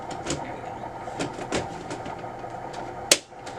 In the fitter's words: once you hear it click then you know it's locked in there